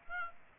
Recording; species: mosquito wingbeat signal from an infrared sensor; Aedes aegypti